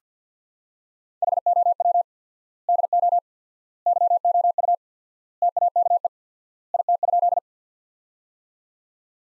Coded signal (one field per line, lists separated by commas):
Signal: Morse code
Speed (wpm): 50 wpm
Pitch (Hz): 700 Hz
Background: none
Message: HOW DO YOU TAKE IT?